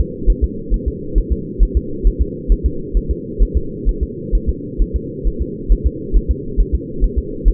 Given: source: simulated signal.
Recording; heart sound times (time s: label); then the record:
fetal heart sounds
0.00 s: S2
0.30 s: S1
0.44 s: S2
0.74 s: S1
0.88 s: S2
1.18 s: S1
1.32 s: S2
1.63 s: S1
1.77 s: S2
2.07 s: S1
2.22 s: S2
2.52 s: S1
2.66 s: S2
2.97 s: S1
3.11 s: S2
3.43 s: S1
3.57 s: S2
3.89 s: S1
4.03 s: S2
4.35 s: S1
4.49 s: S2
4.82 s: S1
4.96 s: S2
5.27 s: S1
5.42 s: S2
5.72 s: S1
5.87 s: S2
6.17 s: S1
6.31 s: S2
6.60 s: S1
6.75 s: S2
7.04 s: S1
7.19 s: S2
7.48 s: S1
From the record:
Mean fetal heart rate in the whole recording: 135 bpm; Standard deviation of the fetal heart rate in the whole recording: 3 bpm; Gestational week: 36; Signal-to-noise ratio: -4.3 dB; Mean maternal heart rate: 72 bpm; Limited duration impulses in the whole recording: absent